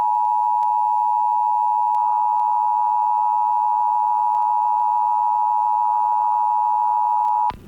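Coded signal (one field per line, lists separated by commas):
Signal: Emergency Alert System (SAME) tones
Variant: 853 and 960 Hz attention tone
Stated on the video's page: Seattle-area required monthly tests relayed by KNWN-FM, recorded from a stereo with a Zoom H1, and KIRO-TV via streaming capture.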